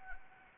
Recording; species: mosquito wingbeat signal from an infrared sensor; Anopheles arabiensis